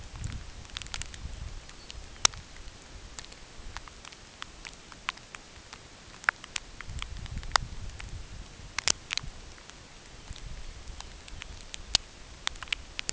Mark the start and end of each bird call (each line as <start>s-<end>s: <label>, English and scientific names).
1.09s-1.26s: Lapland Longspur (Calcarius lapponicus)
1.69s-2.24s: Lapland Longspur (Calcarius lapponicus)
10.57s-11.55s: Lapland Longspur (Calcarius lapponicus)